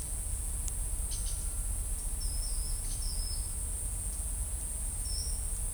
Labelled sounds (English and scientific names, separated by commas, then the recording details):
Black-chested Jay (Cyanocorax affinis), Ochre-lored Flatbill (Tolmomyias flaviventris)
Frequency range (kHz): Black-chested Jay (Cyanocorax affinis) 2.4-6.9 kHz; Ochre-lored Flatbill (Tolmomyias flaviventris) 4.2-6.0 kHz
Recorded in shrubland near Pivijay, Magdalena, Colombia, on 2 June 2023 at 14:00
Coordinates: 10.453, -74.365
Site P5-G022